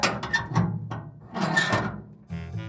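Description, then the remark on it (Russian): A large, heavy oak door studded with rusty nails creaks open on its huge hinges, a drawn-out groaning squeal that rises and falls in two long swells before a lower rumbling settle at the end. “Когда Вирджиния до нее дотронулась, дверь подалась назад на своих огромных петлях.”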